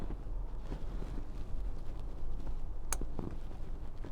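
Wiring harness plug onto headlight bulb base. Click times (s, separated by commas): 2.9 s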